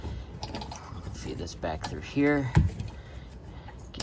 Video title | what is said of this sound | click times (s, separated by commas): Wheel Speed ABS Sensor Replacement Stabilitrak Light 2015-2022 2nd Gen Chevy Colorado GMC Canyon | They only fit in one way. Put it in till you hear the click. Click. | 0.4 s